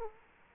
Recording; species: mosquito wingbeat signal from an infrared sensor; Culex quinquefasciatus